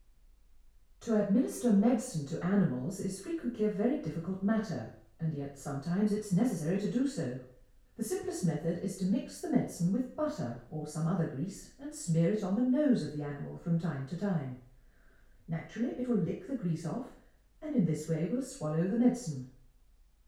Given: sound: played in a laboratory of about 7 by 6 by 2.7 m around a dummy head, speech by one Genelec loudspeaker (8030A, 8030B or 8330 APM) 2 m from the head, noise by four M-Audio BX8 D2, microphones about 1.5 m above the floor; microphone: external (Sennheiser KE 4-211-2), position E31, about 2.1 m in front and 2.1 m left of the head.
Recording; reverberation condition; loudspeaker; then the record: female speech in English; medium; 90 degrees to the left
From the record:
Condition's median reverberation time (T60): about 510 ms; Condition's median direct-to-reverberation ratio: about -0.5 dB